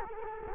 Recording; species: mosquito wingbeat signal from an infrared sensor; Culex quinquefasciatus